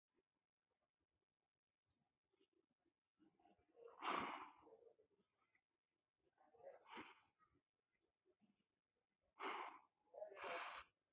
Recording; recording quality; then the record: shallow breathing; excellent, no background noise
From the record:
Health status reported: healthy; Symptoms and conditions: hypertension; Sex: male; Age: 29 years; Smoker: not ticked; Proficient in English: yes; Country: India